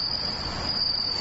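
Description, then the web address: Bell cricket song, a high, ringing, near-continuous trill held at one pitch throughout, over a faint low background hum. Bell cricket recorded with morning glories on 29 August 2015. "鈴虫さんと朝顔 H 27 8 29"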